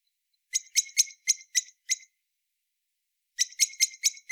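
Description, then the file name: Common blackbird calls: hard, clicking chinks in a rapid series of six, a pause, then another fast run of notes. "Turdus merula"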